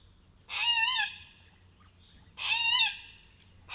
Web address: allathangok miskolcizoo 2018 csupaszszemu kakadu felbatorodva miskolczoo